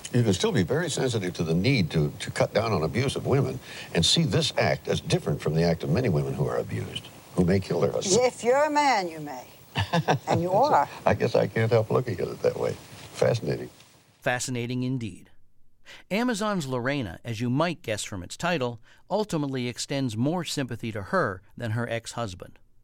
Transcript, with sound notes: You can still be very sensitive to the need to cut down on abuse of women and see this act as different from the act of many women who are abused who may kill their husbands.
If you're a man, you may. (Laughter) And you are.
I guess I can't help looking at it that way - fascinating.
Fascinating, indeed - Amazon's "Lorena," as you might guess from its title, ultimately extends more sympathy to her than her ex-husband.